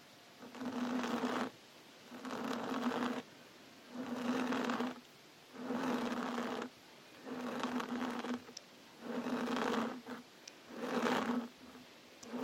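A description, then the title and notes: Scratching and hand movements come in steady, regular bursts, about one second each with short quiet gaps, seven in a row. Each burst is a rough rasp with a low humming buzz underneath. ASMR Scratching Your Brain With CLAWS. Lots of scratching & hand movements.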